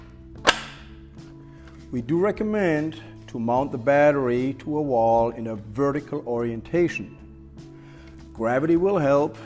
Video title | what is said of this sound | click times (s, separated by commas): AK 5010 MBS - Mammography/Biopsy Examination Chair - Application Video - AKRUS | set up the battery on the rails and wait for the audible click | 0.5 s